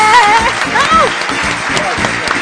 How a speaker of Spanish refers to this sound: Aplauso, Verónica. Verónica Castro en nuestros estudios cantando el jingle.